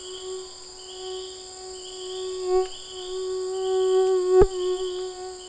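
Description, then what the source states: Mosquito whine, a continuous droning hum with slight wavers throughout, over a steady high-pitched insect chorus and a few sharp clicks. Tropical mosquito recorded 17 November 2006 on the Chemin des grands arbres path, Saül, French Guiana, with a Nagra LB and a cardioid MKH40 microphone.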